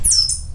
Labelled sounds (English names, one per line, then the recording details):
Stitchbird song
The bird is a male
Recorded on Tiritiri Matangi Island, New Zealand, in 2005
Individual 21, of nest box 30